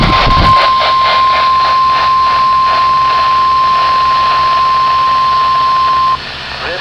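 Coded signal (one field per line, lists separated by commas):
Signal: Emergency Alert System (SAME) tones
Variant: 1050 Hz attention tone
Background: speech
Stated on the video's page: NOAA Weather Radio Required Weekly Test recorded from KHB60 only, using the new BMH system without live voice.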